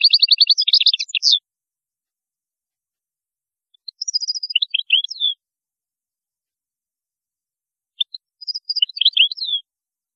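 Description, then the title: European goldfinch song in three twittering bursts, the first fast and dense, then two shorter tinkling phrases separated by pauses of a few seconds. "Chant Chardonneret"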